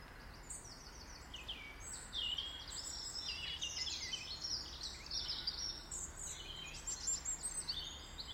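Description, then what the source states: Bird song, quick high chirps, trills and twittering phrases almost continuously, over a soft steady background hiss. In a garden.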